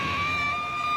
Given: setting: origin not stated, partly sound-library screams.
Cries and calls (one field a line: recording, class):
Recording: one-second piece from a danger detection set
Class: woman in danger